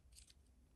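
A plastic-and-metal jumper bar is pushed down into a DIN rail terminal block with the back of a screwdriver. A brief rustling scrape gives way to a short, sharp click at 0.3 s over a steady low hum. The jumper seats flush and is solid, with no intermittent connection.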